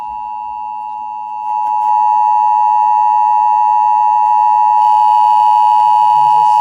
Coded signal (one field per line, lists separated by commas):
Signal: Emergency Alert System (SAME) tones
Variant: 853 and 960 Hz attention tone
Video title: HOLY CRAP AMBER ALERT (EAS 260-261)